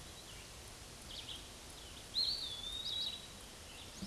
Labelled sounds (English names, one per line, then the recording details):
Eastern Wood-Pewee song
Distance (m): 15 m
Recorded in a Pennsylvania forest on 18 May 2023 at 10:32
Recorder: AudioMoth, point grid1_36_low
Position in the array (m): 122 m, 181 m